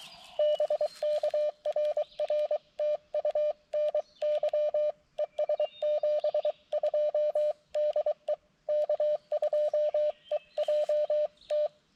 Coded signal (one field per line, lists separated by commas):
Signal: Morse code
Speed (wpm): 23 wpm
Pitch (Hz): 600 Hz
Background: none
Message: BK RR TU NY ES 72 DE K2EJT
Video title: CW POTA with the mcHF courtesy of Dugbo KD7DUG